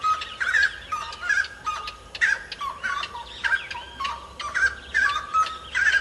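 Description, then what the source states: Grey-cowled wood rail song: loud, harsh, cackling notes with a ringing tone, in repeated bursts, with a steady hum beneath. Local name chiricote.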